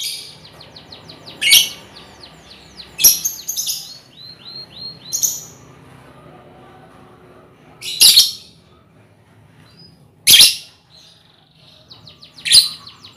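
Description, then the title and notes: Lovebird calls: scattered harsh shrill chirps mixed with short downslurred whistles and a brief series of clipped notes, separated by quiet pauses. Lovebird ngekek song style, used as a lure song (kicau pancingan). "Master Kicau Lovebird ngekek, kicau pancingan"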